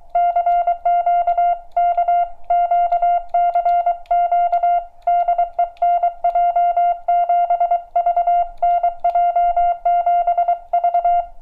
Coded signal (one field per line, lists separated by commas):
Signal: Morse code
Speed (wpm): 23 wpm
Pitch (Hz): 700 Hz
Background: none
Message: CQ K QCQ DE NJ7V NJ7V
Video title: Radio Adventure Gear Portable Morse Code Paddle by Sebastian DJ5S